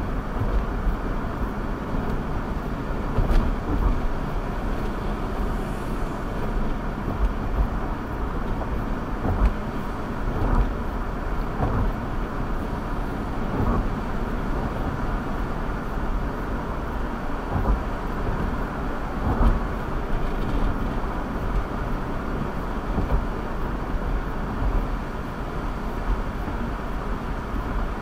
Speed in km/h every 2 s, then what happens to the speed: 64, 64, 64, 64, 66, 66, 69, 69, 69, 68, 68, 69, 69, 68.
0-28 steady at about 68.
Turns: none.